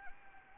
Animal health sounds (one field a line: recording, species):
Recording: mosquito wingbeat signal from an infrared sensor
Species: Anopheles gambiae